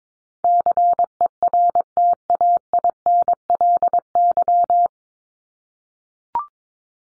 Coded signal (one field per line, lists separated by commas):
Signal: Morse code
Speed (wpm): 22 wpm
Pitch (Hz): 700 Hz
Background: none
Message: CERTAINLY